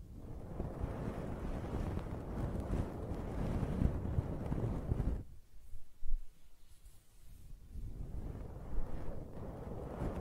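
Close-up hair being scratched and stroked makes a dense, low, rustling rub that runs steadily for about five seconds. It then drops to near quiet with a few soft scrapes and clicks, before the muffled rubbing returns around eight seconds and continues to the end.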